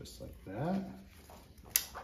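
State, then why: Seated. Someone talks while the second magnetic buckle on the stretching strap of a Cascade #9 night stretching ankle-foot orthosis is brought across. The buckle snaps into place with a loud, sharp click at 1.8 s, and the strap is connected and seated.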